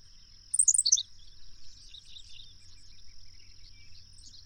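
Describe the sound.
Bird singing a single short burst of sharp high notes tumbling downward, followed by faint soft twitters and a constant thin whine.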